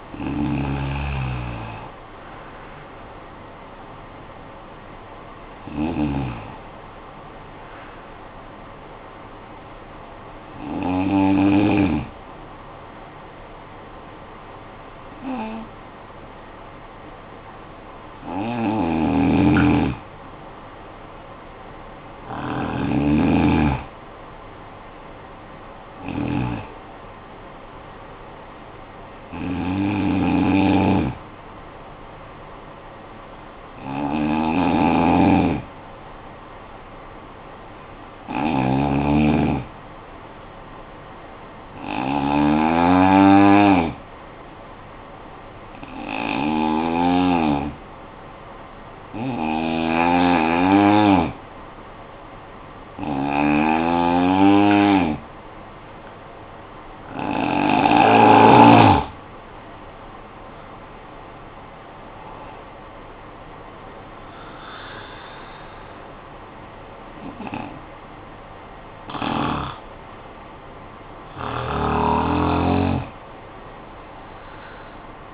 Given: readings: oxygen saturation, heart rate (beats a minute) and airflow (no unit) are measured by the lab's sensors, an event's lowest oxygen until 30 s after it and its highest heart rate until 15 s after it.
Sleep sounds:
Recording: breathing in sleep by a voice recorder at the bedside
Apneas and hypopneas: 2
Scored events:
11.00-22.60 s: hypopnea (N2, oxygen 98% highest, then 94% lowest, heart rate 61 at the start, 74 highest)
13.00-43.00 s: new sleep stage, N3 (deep sleep)
43.00-73.00 s: new sleep stage, N2 (light sleep)
45.00-59.20 s: hypopnea (N2, oxygen 96% highest, then 89% lowest, heart rate 59 at the start, 81 highest)
73.00-75.33 s: new sleep stage, N3 (deep sleep)
From the record:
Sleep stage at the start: N2 (light sleep)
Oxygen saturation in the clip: 89 to 98%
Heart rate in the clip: 53 to 81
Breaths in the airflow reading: 19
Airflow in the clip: -14.9 to 13.1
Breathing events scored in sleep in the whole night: 445 in 7.6 hours asleep

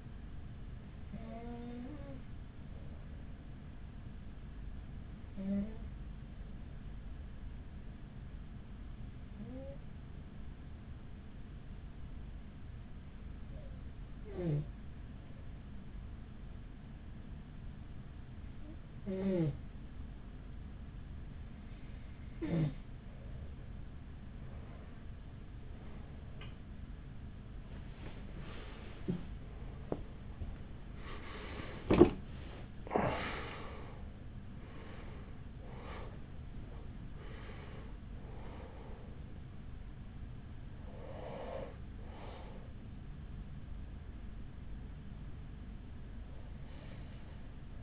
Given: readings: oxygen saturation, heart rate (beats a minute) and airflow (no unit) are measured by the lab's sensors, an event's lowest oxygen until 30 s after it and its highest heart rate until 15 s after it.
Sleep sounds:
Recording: breathing in sleep by a smartphone at the bedside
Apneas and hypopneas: 1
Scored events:
7.00-27.90 s: hypopnea (N2, oxygen 94% highest, then 92% lowest, heart rate 44 at the start, 68 highest)
From the record:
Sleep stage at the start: N2 (light sleep)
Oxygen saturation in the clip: 92 to 94%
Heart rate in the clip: 43 to 68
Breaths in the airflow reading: 12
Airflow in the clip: -10.5 to 10.3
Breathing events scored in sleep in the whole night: 207 in 7.6 hours asleep

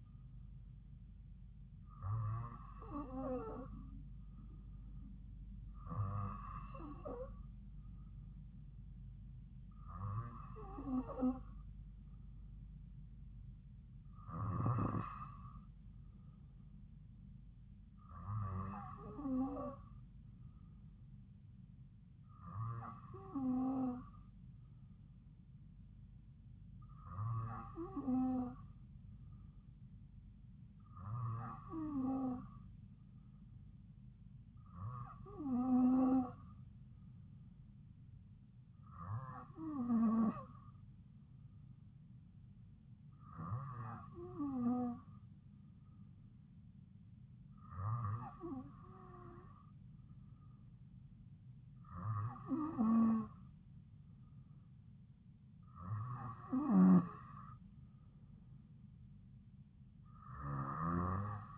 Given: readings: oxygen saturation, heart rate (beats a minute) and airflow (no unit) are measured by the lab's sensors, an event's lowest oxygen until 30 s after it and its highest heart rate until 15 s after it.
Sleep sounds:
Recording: breathing in sleep by a smartphone at the bedside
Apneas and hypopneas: none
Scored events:
none scored
From the record:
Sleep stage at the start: N2 (light sleep)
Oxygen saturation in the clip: 93 to 94%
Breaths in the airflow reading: 14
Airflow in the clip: -3.5 to 2.9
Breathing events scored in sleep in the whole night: 270 in 6.1 hours asleep

